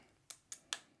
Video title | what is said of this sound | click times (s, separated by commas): The Charlie Show /// Episode 361 /// First Look - XERun V10 G4R Spec Motor (17.5 turn) | wants to go on straight if you line this up it'll just click right into place like that | 0.3 s